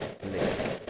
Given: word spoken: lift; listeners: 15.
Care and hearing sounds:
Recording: one English word in noise, from a listening test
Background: noise modulated by three-talker babble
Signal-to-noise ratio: -7.7 dB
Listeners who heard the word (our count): 0 of 15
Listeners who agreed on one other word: 7 of 15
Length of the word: 0.50 s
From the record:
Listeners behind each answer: 7, 5, 2, 1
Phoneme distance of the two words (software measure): 27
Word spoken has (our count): 1 syllable, 4 phonemes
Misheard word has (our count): 1 syllable, 5 phonemes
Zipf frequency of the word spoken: 4.75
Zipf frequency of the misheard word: 3.74

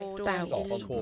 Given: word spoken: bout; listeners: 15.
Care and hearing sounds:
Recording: one English word in noise, from a listening test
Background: four-talker babble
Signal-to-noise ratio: -1.6 dB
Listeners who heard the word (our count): 2 of 15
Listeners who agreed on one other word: 7 of 15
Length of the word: 0.62 s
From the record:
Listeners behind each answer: 7, 2, 2, 1, 1, 1, 1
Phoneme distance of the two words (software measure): 10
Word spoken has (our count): 1 syllable, 3 phonemes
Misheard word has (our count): 1 syllable, 3 phonemes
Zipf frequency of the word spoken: 3.74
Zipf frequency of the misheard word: 4.89

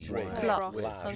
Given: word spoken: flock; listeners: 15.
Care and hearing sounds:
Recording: one English word in noise, from a listening test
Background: four-talker babble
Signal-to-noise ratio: 0.8 dB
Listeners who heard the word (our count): 3 of 15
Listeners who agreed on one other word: 6 of 15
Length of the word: 0.76 s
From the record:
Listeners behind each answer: 6, 3, 3, 2, 1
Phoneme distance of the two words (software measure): 10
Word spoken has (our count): 1 syllable, 4 phonemes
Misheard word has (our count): 1 syllable, 4 phonemes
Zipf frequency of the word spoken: 3.83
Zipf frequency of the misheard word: 4.57

